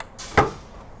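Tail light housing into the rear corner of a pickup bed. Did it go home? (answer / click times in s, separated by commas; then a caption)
yes / 0.4 s. A tail light housing on a 2020+ Toyota Tacoma, lined up on its metal pin on top and plastic pin on the bottom, is pushed into the rear corner of the pickup bed after a soft rustle and hiss. Its clips seat with a single sharp knock at 0.4 s, and the tail light pops into place.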